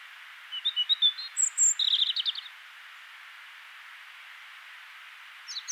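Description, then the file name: European robin song: a two-second phrase of thin, high whistles sliding into a rapid tinkling trill, then silence, with another phrase just starting at the end. "Erithacus rubecula"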